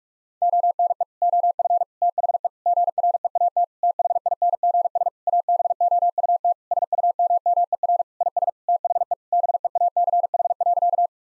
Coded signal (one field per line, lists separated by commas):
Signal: Morse code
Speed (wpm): 46 wpm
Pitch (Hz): 700 Hz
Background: none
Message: ONE OF THE GREAT THINGS ABOUT SUMMER IS THE BEACH.